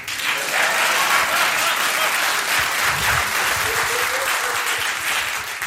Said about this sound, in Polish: Nie mogę przerywać oklasków dla celów nagraniowych, a w związku z tym, że uważam, że te oklaski są mi nienależne absolutnie, dlatego czuję się zawsze skrępowany.